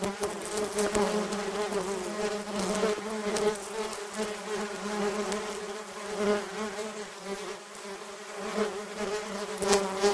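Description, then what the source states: Bee swarm buzzing, a dense steady drone of many wingbeats with overlapping hums. Recordist surrounded by a bee swarm.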